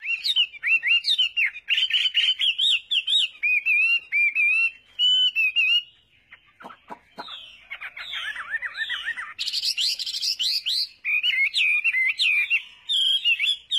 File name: Tieng hoa mi hot